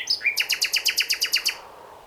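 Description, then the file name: Common nightingale song: brief introductory notes leading into a fast, steady series of about ten loud, ringing repeated notes that stop abruptly. "Luscinia megarhynchos"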